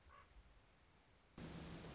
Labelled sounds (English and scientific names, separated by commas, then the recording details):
Common Raven (Corvus corax)
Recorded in Sonoma County, California